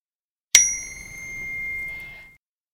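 A game notification chime announcing 'Attention! You have found a trap': a single bright, bell-like ding with a sharp attack and a ringing high-pitched tone that lingers and fades over about two seconds, heard alone without any talking.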